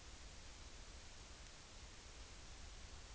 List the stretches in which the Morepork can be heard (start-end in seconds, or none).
none